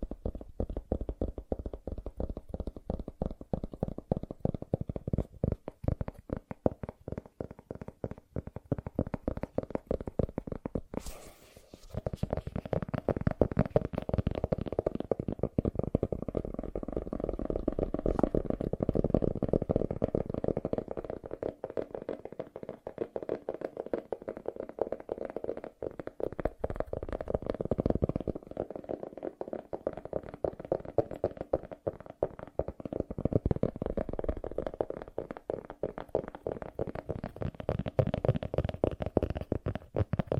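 Fast tapping runs in dense, rapid bursts for the whole stretch, a low, muffled patter that keeps a busy, even pace. Around eleven seconds a sharp bright crack cuts through, followed by a brief lull before the quick tapping resumes.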